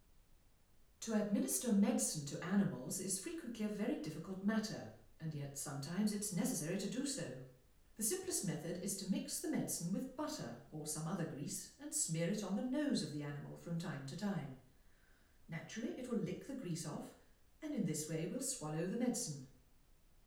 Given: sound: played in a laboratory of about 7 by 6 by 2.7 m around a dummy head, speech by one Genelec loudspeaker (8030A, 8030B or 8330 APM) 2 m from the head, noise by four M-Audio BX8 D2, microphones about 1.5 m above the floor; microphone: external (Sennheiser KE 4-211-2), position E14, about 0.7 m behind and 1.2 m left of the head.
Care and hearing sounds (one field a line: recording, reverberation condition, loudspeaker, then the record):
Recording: female speech in English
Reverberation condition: medium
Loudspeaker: 30 degrees to the right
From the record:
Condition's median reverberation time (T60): about 510 ms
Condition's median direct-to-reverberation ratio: about -0.5 dB